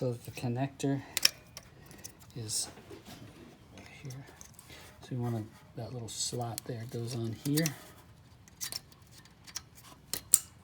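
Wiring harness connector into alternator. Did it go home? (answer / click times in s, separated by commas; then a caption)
yes / 10.3 s. A wiring harness connector is pushed onto the alternator of a 2012-2015 Honda Civic during reassembly after a water pump, belt and alternator replacement. Someone talks while scattered light clicks and rattles are heard. A sharp, loud click at 10.3 s marks the connector seating.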